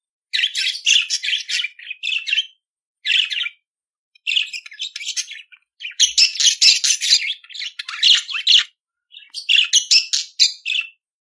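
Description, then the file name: Budgerigar warble: almost continuous scratchy chatter mixed with squeaky chirps and buzzy notes, broken by brief pauses. "Canto do periquito australiano"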